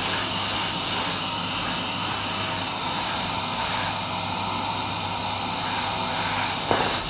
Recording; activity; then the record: daily activity, microphone in the room; vacuum cleaning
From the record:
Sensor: 2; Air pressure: 994.3 hPa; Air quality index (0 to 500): 213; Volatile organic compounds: 1000 ppm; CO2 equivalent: 7027 ppm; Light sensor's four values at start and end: 47/104/45/46 and 33/77/33/34